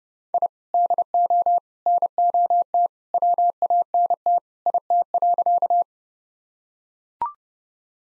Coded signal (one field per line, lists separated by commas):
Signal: Morse code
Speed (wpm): 31 wpm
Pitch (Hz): 700 Hz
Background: none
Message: I DO NOT WANT IT.